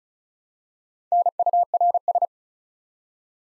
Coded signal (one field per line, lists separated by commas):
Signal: Morse code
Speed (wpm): 36 wpm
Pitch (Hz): 700 Hz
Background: none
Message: NURS